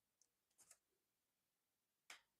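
A removable part of a resin-printed action figure is pushed back into its joint socket. A few faint ticks and handling sounds come first, then a sharp, bright pop at 2.1 s as the part snaps into place and seats in the joint.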